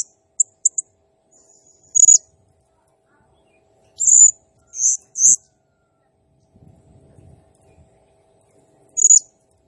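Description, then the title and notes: Blue-crowned hanging parrot calls: a few quick high ticks, then drawn-out shrill buzzy notes separated by pauses. Serindit in gacor (actively singing) condition, 'nembak' song style, used as a masteran training sound and lure for serindit birds, said to excite all birds. "Burung Serindit Nembak Gacor Bikin Emosi Semua Burung. Suara Nasteran Dan Pemikat Burung Serinditan Gacor"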